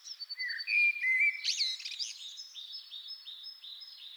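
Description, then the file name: Common blackbird song: fluty mid-pitched whistles, then a burst of squeaky high twitter and a string of repeated chirping notes. "Turdus merula"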